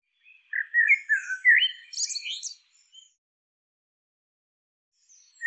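Bird giving a quick run of chirpy, warbled notes that jump between lower and higher pitches for about two seconds, then silence and a single brief note at the end.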